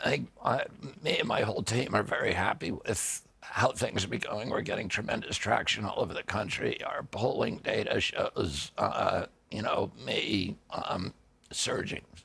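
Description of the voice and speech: A man. The medical condition that leads to his voice sounding 'raspy'. I had a very, very strong voice until I was 42 years old. In 1996. I had an injury that caused a neurological disorder called spasmodic dystonia. And it makes my voice like this.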